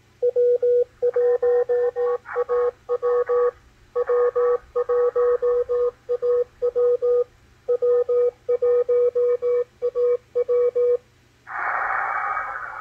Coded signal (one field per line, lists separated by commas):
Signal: Morse code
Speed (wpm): 18 wpm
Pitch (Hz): 490 Hz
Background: radio noise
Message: W1AW W1AW W1AW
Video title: W1AW CW BULLETIN DECODE - MACHILITE DSP SDR RECEIVER 10-14-2021